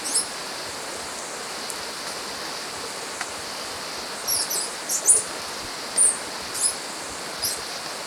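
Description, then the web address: White-tipped sicklebill calling with sharp, high-pitched squeaky notes, sparse early then clustered toward the end, against a constant rushing background hiss. Recorded in Ecuador. "Natures Songs S America Birds of Ecuador White-Tipped Sicklebill"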